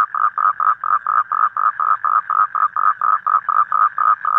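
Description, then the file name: Toad croaking in a series of short, nasal, rasping notes, roughly four per second, evenly spaced. "Am thanh tieng Coc keu"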